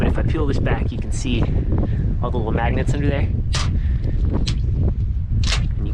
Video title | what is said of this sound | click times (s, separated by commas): Turning my Tacoma into a Surf Cabin! DIY Camper Walk Thru | can kind of hear them all like Snap into place | 4.2 s, 4.8 s, 4.9 s, 5.5 s